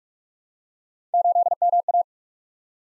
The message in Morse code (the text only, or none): 8MA